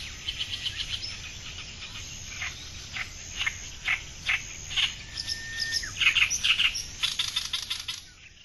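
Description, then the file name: Oriental reed warbler song of harsh, grating chattering notes in uneven bursts. A steady high insect hiss runs underneath throughout, ending just before the close. Watarase, Japan, 4 July 2006. "ooyoshikiri 060704 watarase hirano"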